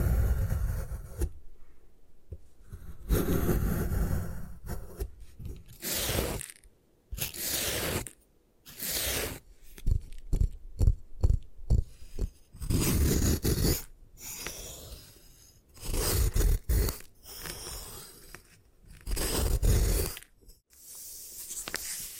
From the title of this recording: Satisfying Ways to Destroy Gym Chalk